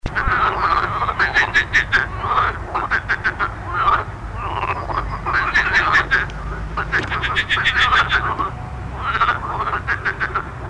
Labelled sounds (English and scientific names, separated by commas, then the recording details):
Marsh Frog (Pelophylax ridibundus) call
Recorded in the wild
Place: Marburg, Hessen, DE
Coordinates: 50.8089, 8.7725
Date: 1964-05-10 21:35
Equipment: Uher Report 4000, AKG D190
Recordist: Krey, Winfried